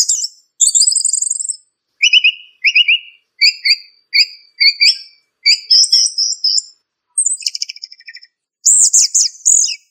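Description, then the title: Thrush song of varied phrases: clear whistled notes and trills mixed with a few buzzy, scratchy bursts, separated by short pauses. No other sounds. "Familia Turdidae - Sabia"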